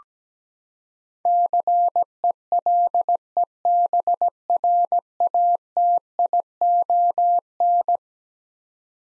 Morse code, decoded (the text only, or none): CELEBRATION